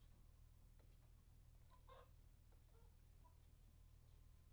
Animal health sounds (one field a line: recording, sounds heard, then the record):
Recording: poultry house recording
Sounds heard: healthy chickens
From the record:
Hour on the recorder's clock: 1